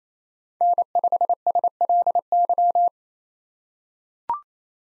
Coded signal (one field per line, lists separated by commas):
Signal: Morse code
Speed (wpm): 29 wpm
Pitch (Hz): 700 Hz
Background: none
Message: N5SLY